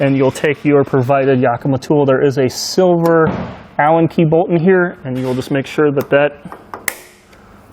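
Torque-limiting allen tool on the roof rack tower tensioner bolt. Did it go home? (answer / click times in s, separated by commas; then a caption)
yes / 6.9 s. A provided Yakima torque-limiting tool tightens the silver Allen key bolt on the track tensioner of a Yakima Landing Pad 6 roof rack tower on a 1984 Volkswagen Vanagon. Someone talks over most of the clip. The tool gives a sharp click at 6.9 s as the bolt reaches its torque setting.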